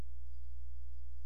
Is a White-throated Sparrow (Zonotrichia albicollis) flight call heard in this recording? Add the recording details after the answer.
no. No flight call is heard. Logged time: 00:01 on 16 September 2014